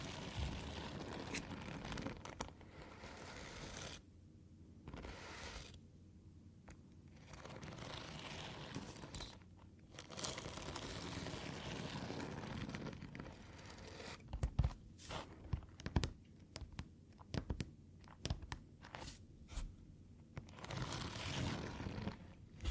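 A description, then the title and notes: Foam being rubbed and squeezed in scratchy, crinkling bursts with brief pauses, growing busier and snappier after about fourteen seconds. Tapping, Foam, Scratching, NO TALKING.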